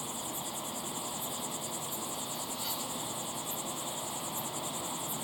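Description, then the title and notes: Cricket chirps form a continuous high pulsing chorus, steady and even. Crickets chirping at sunset in the Timanfaya pyroclastic desert, Lanzarote; field-recorded with ambisonic equipment, converted to binaural audio with simulated slow head movements. "Be still and listen to the crickets at sunset in the incredible Timanfaya pyroclastic desert on the island of Lanzarote. Enjoy the calm desert sounds of chirping crickets"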